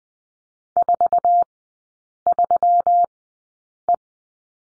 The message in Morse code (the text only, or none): 43E